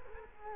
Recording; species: mosquito wingbeat signal from an infrared sensor; Culex quinquefasciatus